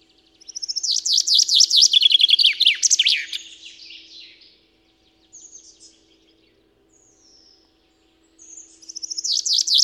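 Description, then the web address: Common chaffinch delivering a rattling, descending song phrase with a terminal flourish, then brief high notes, and a new phrase starting near the end. A steady low hum runs beneath. "Spev Vtakov pinka"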